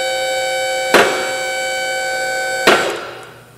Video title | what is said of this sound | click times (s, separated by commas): Hoist Safety Video | so that last click right there there are several points where this vehicle will lock on the hoist | 2.7 s